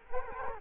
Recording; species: mosquito wingbeat signal from an infrared sensor; Culex quinquefasciatus